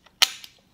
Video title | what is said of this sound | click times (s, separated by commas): Double Boomerang Flash Bracket System Rig: BBGv2 BBXL | we have our strap system and the strap system works with plates just snap sound like that | 0.2 s